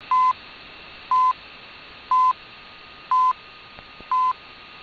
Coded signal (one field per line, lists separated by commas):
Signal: radio time signal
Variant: time pips